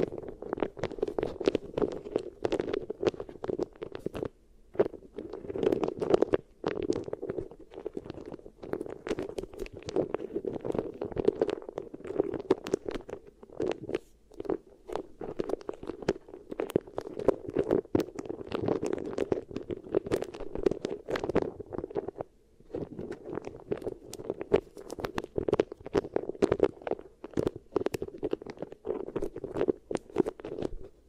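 Beeswax is rubbed and pressed against a microphone, giving dense, continuous sticky crackles and soft squelches with a low muffled hum underneath. The texture shifts in uneven bursts, with brief pauses near 5, 14 and 22 seconds before resuming.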